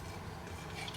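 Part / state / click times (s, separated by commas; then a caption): dagger blade going into its scabbard / not seated / none. A militaria dagger blade is handled at its metal scabbard, producing a steady, low rubbing and scraping noise with no sharp transients. The dagger has not yet been pushed home, and nothing has seated or clicked yet; the scabbard's retaining catch has not snapped shut.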